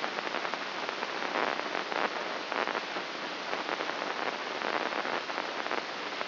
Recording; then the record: brain microelectrode recording played as sound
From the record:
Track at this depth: inside the subthalamic nucleus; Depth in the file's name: 4.63 mm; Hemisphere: left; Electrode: 3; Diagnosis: Parkinson's disease